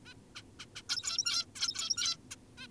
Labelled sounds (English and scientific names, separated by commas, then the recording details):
Zebra Finch (Taeniopygia guttata)
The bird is an adult
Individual g17y2U